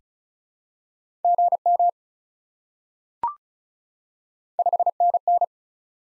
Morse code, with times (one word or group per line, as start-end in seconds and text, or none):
1.2-1.9 GM
4.6-5.4 5NN